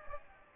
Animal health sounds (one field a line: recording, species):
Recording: mosquito wingbeat signal from an infrared sensor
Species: Aedes aegypti